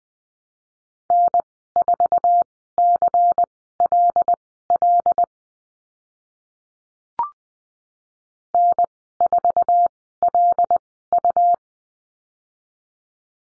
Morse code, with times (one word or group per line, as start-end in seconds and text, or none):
1.1-5.2 N4CLL
8.5-11.6 N4LU